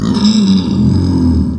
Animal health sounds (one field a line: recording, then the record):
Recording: squeal of a Yucatan mini pig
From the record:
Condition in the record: after surgery on the right vocal fold (resection and tissue-engineered implant)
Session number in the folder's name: 13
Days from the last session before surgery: 113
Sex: female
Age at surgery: 19 weeks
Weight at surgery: 25 kg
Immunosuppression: prednisolone